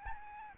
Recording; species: mosquito wingbeat signal from an infrared sensor; Aedes albopictus